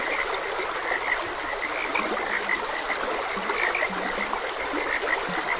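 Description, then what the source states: Frogs croaking, bright short notes repeated densely plus a few deeper drawn croaks, over constant stream water. Frogs croaking beside a gentle stream.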